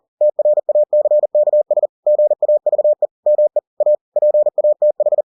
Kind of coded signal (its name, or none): Morse code